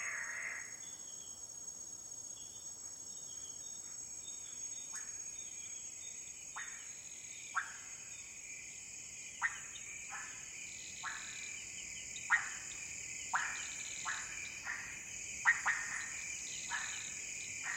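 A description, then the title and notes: Frogs call in a humid forest at night, short rasping notes repeating every second or so and growing busier after the first few seconds. Behind them, insects hold a steady high, bright whine, with a few fainter chirps scattered throughout. Loud insect and frog calls. Subtle nightscapes. Plenty of humid forest ambience. Immersive ambiences recorded in Ethiopia's montane rainforests.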